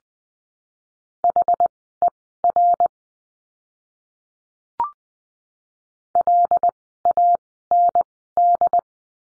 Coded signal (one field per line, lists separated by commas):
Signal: Morse code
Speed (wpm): 20 wpm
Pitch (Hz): 700 Hz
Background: none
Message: HER LAND